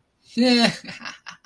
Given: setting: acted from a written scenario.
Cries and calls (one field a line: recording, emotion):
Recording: vocal sound without words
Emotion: pride